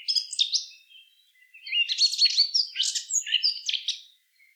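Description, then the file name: Eurasian blackcap giving a long, almost unbroken warble of rapid chattering and fluty notes lasting about four seconds, with nothing else audible. "Sylvia atricapilla"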